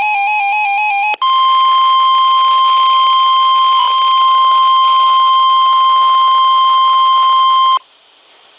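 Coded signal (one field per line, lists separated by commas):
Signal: Emergency Alert System (SAME) tones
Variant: 1050 Hz attention tone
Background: music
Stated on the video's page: Flash flood warning for Delaware and Maryland counties, recorded from RadioShack 12-382 and Midland WR-100 weather radios.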